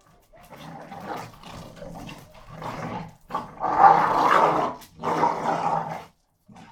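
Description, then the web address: American Pit Bull Terriers snarl and growl in rough, harsh bursts separated by short gaps. Two pit bulls, Tessa and Bahko, fighting each other. "NS Studios - ultra sound collection animals dogs - Pit bull Tessa Pit bull Bahko fight"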